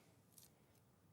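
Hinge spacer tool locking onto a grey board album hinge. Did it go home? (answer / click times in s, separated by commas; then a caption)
yes / 0.4 s. A plastic hinge spacer is pushed onto the taped hinge of a grey-board mini album kit and locks into position. A short, sharp click at 0.4 s stands out above a steady low background hiss, followed by a fainter high tick around 0.8 s. The spacer is seated, locked in place on the album hinge.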